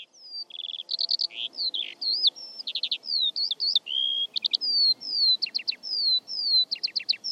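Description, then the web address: Bird song mixing clear whistled slides, short trills and stuttered chips, phrases following closely with tiny gaps between. "Deverinetal"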